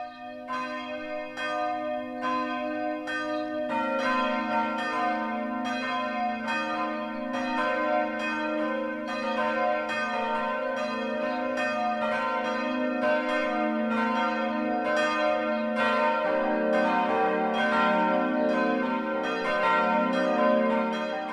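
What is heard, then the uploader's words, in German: Church bells ring the noon peal, a steady, dense overlapping clang of several bells struck in quick regular succession, growing fuller after a few seconds. Jakobus Kirche in Dürrenmungenau in Mittelfranken (OT der Stadt Abendberg). Zwölfuhrläuten aus der evangelisch-lutherischen St. Jakobus Kirche.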